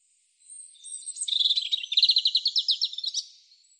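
European robin song phrase, opening with a thin high note, then a rapid, rhythmic series of sweet twittering notes that ends in a fading trill.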